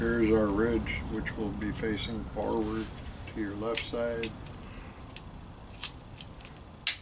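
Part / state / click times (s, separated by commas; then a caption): pellet clip into the breech of a repeating air rifle / seated / 6.9 s. Someone talks while a loaded 10-shot rotary pellet clip is lined up and dropped into the breech of a Gamo Swarm Maxxim repeating air rifle. A few light clicks and taps follow, then a loud, sharp snap at 6.9 s as the clip seats in place.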